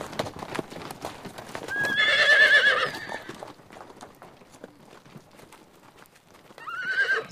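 Horse whinnying over a background of clopping hooves; one quavering neigh near the middle, then a brief second whinny starting just before the end.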